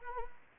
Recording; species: mosquito wingbeat signal from an infrared sensor; Anopheles arabiensis